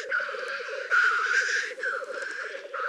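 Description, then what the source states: Black grouse giving a continuous low bubbling rookoo, a rolling cooing trill, overlaid by hissing, rushing higher sounds that swell and fade. Recorded in Slovenia.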